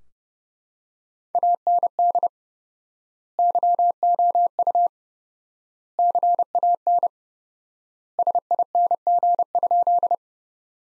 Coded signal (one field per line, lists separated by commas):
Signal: Morse code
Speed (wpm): 30 wpm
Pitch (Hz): 700 Hz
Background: none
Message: AND YOU CAN SING?